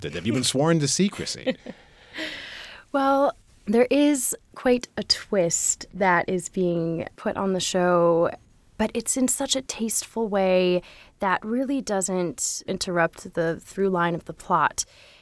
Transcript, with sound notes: Have you been sworn to secrecy?
[laughs] Well, there is quite a twist that is being put on the show, but it's in such a tasteful way that really doesn't interrupt the through line of the plot.